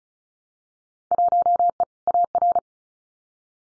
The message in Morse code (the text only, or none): 1E AR